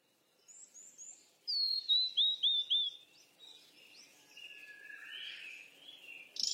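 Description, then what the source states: Bird calling, a string of repeated short downslurred whistles, then softer blurred chirping. Birds at play.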